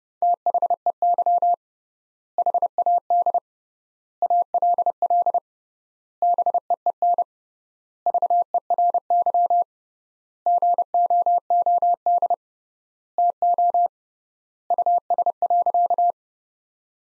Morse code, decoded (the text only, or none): THEY HAD ALL BEEN VERY GOOD TO US.